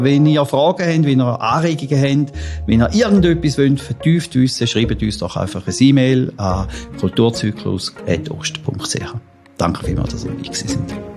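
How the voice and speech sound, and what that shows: A man speaks fluent, clear German at an even pace, inviting questions and thanking listeners; ordinary speech.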